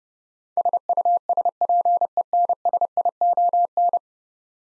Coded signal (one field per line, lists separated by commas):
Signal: Morse code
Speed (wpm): 32 wpm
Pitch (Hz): 700 Hz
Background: none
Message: SUSPENSION